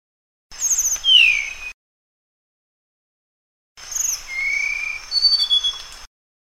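Sunda blue flycatcher singing two phrases of thin, high, sliding whistles and twitters, the second longer, with silence between them.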